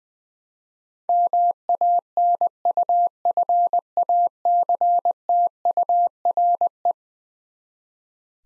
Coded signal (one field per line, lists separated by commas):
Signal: Morse code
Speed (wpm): 20 wpm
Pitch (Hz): 700 Hz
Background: none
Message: MANUFACTURE